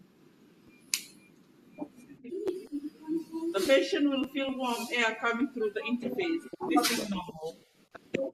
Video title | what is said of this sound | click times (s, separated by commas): NurseTOK High Flow Oxygen Therapy | Push both tubes together until you hear a click. | 0.9 s